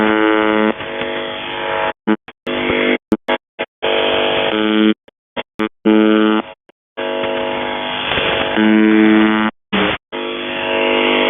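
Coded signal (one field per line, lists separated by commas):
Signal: channel marker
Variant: UVB-76 (The Buzzer)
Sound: harsh low buzz with rich harmonics, cutting in and out erratically, brief stuttering bursts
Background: radio static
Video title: Kerro malfunction and beeps and screaming and morse code in the background on the buzzer 4625khz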